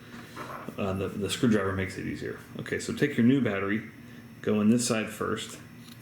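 Someone talks while a new coin cell battery for a Honda Clarity / Hybrid car key fob is started one side first into the plastic key fob holder, to be pushed down under the small retaining tabs. A couple of brief, faint handling sounds come near the end, but nothing has seated or clicked yet.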